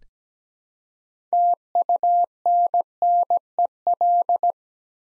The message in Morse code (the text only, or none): TUNNEL